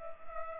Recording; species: mosquito wingbeat signal from an infrared sensor; Culex pipiens